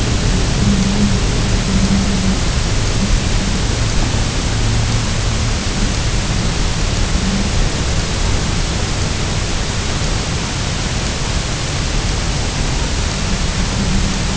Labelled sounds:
Herring Gull
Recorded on Arctic tundra, site UTQI-0, on 23 June 2018
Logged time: 06:00

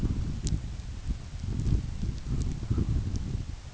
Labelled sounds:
none
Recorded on Arctic tundra, site UTQI-5, on 29 June 2018
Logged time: 16:00

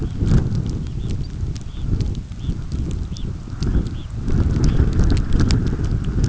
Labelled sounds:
Red Phalarope
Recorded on Arctic tundra, site UTQI-5, on 29 June 2018
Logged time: 02:00

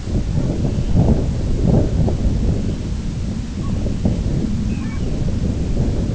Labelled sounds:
unidentified sound
Lapland Longspur
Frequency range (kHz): Lapland Longspur 2.2-3.2 kHz
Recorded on Arctic tundra, site IGLO-B, on 24 June 2018
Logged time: 17:59

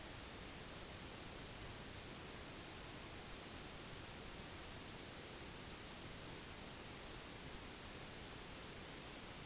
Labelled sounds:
none
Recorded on Arctic tundra, site NAIT-1, on 1 July 2019
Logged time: 08:00

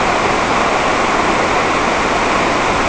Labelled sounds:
none
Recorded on Arctic tundra, site NAIT-1, on 28 June 2018
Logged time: 07:00

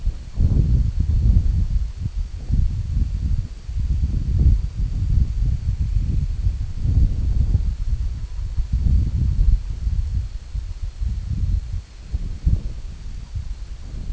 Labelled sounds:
Semipalmated Sandpiper
unidentified sound
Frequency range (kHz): Semipalmated Sandpiper 1.9-3.2 kHz
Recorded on Arctic tundra, site IGLO-D, on 25 June 2018
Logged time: 06:00

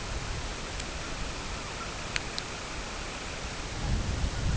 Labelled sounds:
Semipalmated Sandpiper
unidentified sound
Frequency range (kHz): Semipalmated Sandpiper 1.9-3.1 kHz
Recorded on Arctic tundra, site CORI-1, on 12 June 2018
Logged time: 08:00

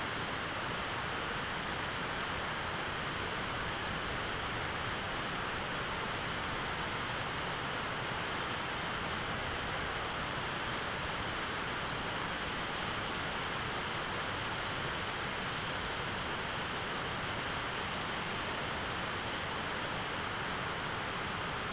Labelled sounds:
none
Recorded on Arctic tundra, site ZACK-1, on 13 June 2019
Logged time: 03:49

